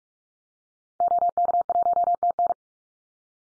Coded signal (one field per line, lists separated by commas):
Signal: Morse code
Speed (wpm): 44 wpm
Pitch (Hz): 700 Hz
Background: none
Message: OK1TN